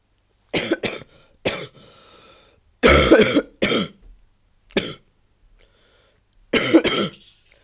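About seven short, harsh cough bursts from an adult come in a loose series over several seconds, some in quick pairs, with longer, louder bouts in the middle and near the end. Quiet pauses separate them. Plain coughing, with no wheeze or stridor between bursts.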